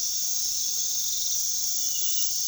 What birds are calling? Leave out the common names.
none